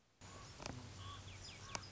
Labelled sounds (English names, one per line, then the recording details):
Common Raven
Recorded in Sonoma County, California